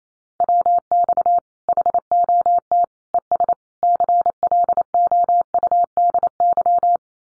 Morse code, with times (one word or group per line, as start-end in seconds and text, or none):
0.4-1.4 WX
1.7-2.8 HOT
3.1-3.5 ES
3.8-7.0 CLOUDY